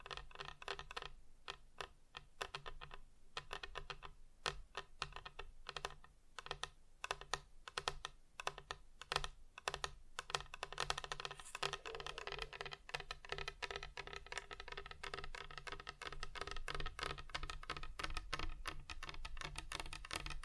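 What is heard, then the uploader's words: Rapid fingertip tapping on hard surfaces, irregular bursts of sharp clicks that grow denser and busier after ten seconds, over a faint low hum. ASMR Just Tapping (Different Surfaces No Talking).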